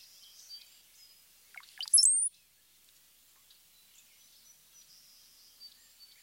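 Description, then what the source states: Brown-headed Cowbird song: quick liquid gurgles leading into a piercing high rising whistle, then quiet. Song combines a high-pitched Z note with a diagnostic bubbly sound, bubble, bubble, Z.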